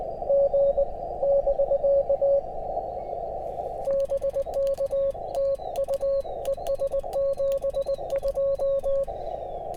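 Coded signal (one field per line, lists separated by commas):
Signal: Morse code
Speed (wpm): 20 wpm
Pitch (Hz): 550 Hz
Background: radio noise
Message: G <BK> BK TU ES 72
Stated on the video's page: QRP CW Parks on the Air activation at a state historic site, made on a backup radio after cabling for the new TR-35 was forgotten.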